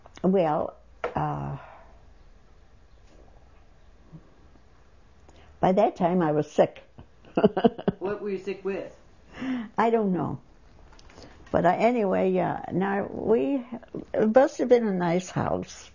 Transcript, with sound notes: Well, by that time I was sick. ( she laughs )
What were you sick with?
I don't know. But, anyway, now, we, it must have been a nice house